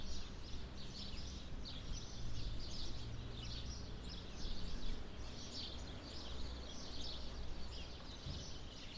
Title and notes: Atonal church bells, Sete Cidades. birds nesting in the trees either side of a path leading up to the church provide a more melodious accompaniment. Recorded by Cities and Memory